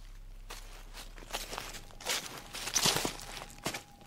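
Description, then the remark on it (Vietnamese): Irregular rustling footsteps shuffle and crunch over several seconds at night in the garden right behind a house, beside a bedroom window, soft scrapes rising into a few louder, brushing steps before fading, with no voices present. “Bất giác, ông nghe có tiếng bước chân loạt soạt như có cái gì đó đang đi lại.”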